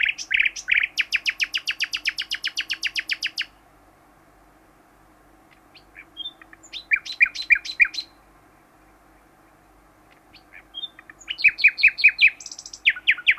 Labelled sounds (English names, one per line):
Common Nightingale social call